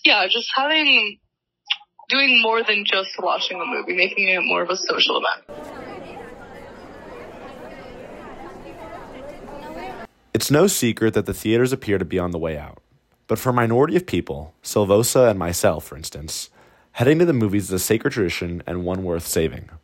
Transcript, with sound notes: Yeah, just having doing more than just watching the movie making it more of a social event.
[THEATER AMBIENCE] IT’S NO SECRET THAT THEATERS APPEAR TO BE ON THE WAY OUT, BUT FOR A MINORITY OF PEOPLE — SILVOSA AND MYSELF, FOR INSTANCE — HEADING TO THE MOVIES IS A SACRED TRADITION AND ONE WORTH SAVING.